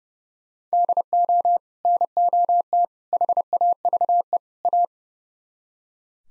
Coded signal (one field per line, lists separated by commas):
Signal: Morse code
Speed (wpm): 38 wpm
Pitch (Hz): 700 Hz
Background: none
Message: DO NOT HAVE A